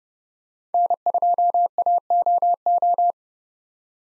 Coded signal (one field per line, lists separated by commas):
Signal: Morse code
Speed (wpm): 30 wpm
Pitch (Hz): 700 Hz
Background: none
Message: N2AOO